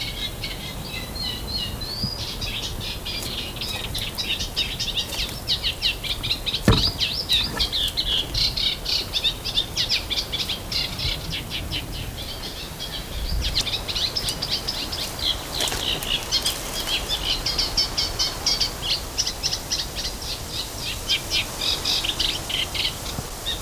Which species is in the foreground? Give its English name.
Eurasian Reed Warbler